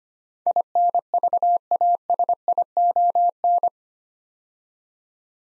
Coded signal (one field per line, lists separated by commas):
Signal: Morse code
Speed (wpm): 25 wpm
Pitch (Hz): 700 Hz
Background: none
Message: INVASION